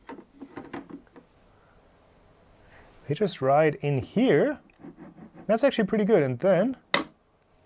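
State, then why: Seated. A removable magnetic part of a MyCusini 2.0 chocolate 3D printer slides in on its side wheels while someone talks. A sharp, loud click at 6.9 s marks the part snapping into place as its magnets line up, and it is seated.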